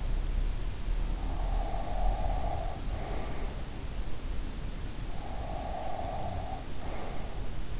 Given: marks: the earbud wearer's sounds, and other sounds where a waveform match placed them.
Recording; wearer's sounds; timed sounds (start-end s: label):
sounds in sleep by an in-ear microphone; breath
1.32-3.52 s: breath
5.33-7.27 s: breath